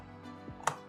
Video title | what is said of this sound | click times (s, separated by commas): Phanteks Evolv Shift XT Build Guide - Compact, Air Boost, Liquid! | and that should just click in place okay | 0.7 s